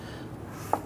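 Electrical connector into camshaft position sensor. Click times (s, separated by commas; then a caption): 0.7 s. An electrical connector is pushed onto a new camshaft position sensor on a 1994-2004 Ford Mustang. Against a low, steady background, a single sharp click sounds at 0.7 s as the connector snaps into place, and the connector is seated.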